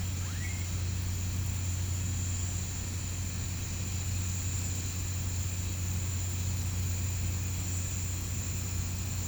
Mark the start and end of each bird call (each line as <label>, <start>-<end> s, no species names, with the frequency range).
bird call (0.8-2.9 kHz), 0.29-0.62 s